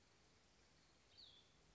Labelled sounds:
Cassin's Vireo (Vireo cassinii)
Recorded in Sonoma County, California

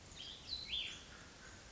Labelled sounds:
Cassin's Vireo (Vireo cassinii)
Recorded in Sonoma County, California

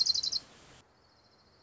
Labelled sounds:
Orange-crowned Warbler (Leiothlypis celata)
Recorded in Sonoma County, California

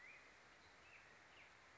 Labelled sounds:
Black-headed Grosbeak (Pheucticus melanocephalus)
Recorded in Sonoma County, California

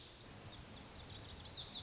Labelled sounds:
Lazuli Bunting (Passerina amoena)
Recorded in Sonoma County, California

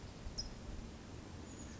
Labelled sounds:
California Towhee (Melozone crissalis)
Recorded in Sonoma County, California

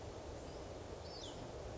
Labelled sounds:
Western Flycatcher (Empidonax difficilis)
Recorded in Sonoma County, California

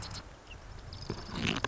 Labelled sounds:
Marsh Wren (Cistothorus palustris)
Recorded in Sonoma County, California

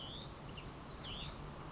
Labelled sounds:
Hutton's Vireo (Vireo huttoni)
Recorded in Sonoma County, California

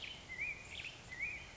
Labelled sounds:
Black-headed Grosbeak (Pheucticus melanocephalus)
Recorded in Sonoma County, California

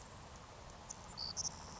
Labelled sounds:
Savannah Sparrow (Passerculus sandwichensis)
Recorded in Sonoma County, California

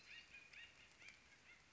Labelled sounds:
Acorn Woodpecker (Melanerpes formicivorus)
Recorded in Sonoma County, California

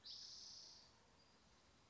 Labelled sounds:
Spotted Towhee (Pipilo maculatus)
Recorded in Sonoma County, California

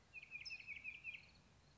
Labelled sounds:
California Towhee (Melozone crissalis)
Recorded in Sonoma County, California

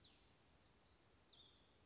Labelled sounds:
Western Flycatcher (Empidonax difficilis)
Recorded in Sonoma County, California

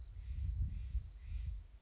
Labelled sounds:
Steller's Jay (Cyanocitta stelleri)
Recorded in Sonoma County, California

